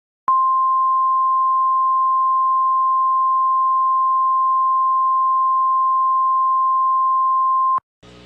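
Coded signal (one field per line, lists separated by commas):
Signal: Emergency Alert System (SAME) tones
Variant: 1050 Hz attention tone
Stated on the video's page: Fictional scenario using valid EAS tones.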